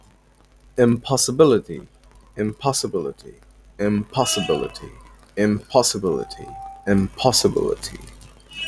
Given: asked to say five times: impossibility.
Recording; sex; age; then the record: repeated word; male; 20 to 29 years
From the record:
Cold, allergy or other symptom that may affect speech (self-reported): yes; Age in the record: 24 years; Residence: Bangladesh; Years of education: 18